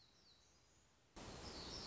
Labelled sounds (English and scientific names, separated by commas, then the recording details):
Black-throated Gray Warbler (Setophaga nigrescens)
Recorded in Sonoma County, California